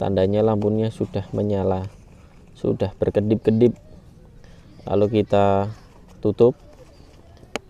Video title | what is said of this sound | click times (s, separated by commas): 🔴 TERBANG PERDANA PESAWAT RC AMFIBI SUPER GOKIL HARGA MURAH MERIAH GAESS ❗ | Sampai berbunyi klik dan terkunci pada tempatnya. | 7.6 s